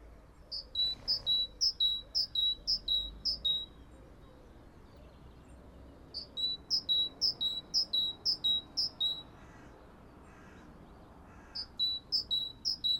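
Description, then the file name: Great tit giving three strophes of rhythmic, ringing two-note phrases, each note pair dropping in pitch, with pauses of about two seconds between strophes. "acclivity greattit"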